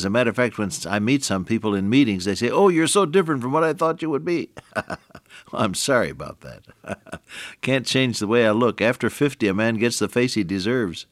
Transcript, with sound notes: And as a matter of fact, when I meet some people in meetings, they say, “Oh, you’re so different from what I thought you would be.” [chuckle] Well, I’m sorry about that. [chuckle] Can’t change the way I look, after 50 a man gets the face he deserves.